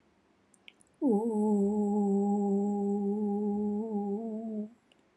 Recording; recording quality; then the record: sustained vowel as in boot; excellent, no background noise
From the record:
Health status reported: healthy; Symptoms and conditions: none ticked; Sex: female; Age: 70 years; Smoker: not ticked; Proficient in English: yes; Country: India